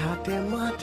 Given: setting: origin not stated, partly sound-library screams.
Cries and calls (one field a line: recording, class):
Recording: one-second piece from a danger detection set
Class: normal situation